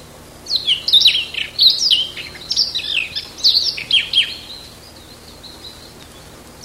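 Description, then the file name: Siberian rubythroat singing several quick phrases of thin whistles and chattering notes, then falling silent for the last few seconds apart from a faint note. "Ccalliopa"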